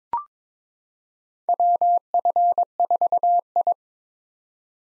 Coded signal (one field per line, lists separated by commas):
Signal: Morse code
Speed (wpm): 22 wpm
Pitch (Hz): 700 Hz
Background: none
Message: WF4I